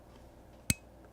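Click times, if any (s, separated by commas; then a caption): 0.7 s. The knife blade of a locking multitool is opened, and the steel liner lock in the handle snaps into place behind it with a single sharp, bright click at 0.7 s, followed by a faint tick at about 1.1 s. The liner lock is seated, locking the blade open.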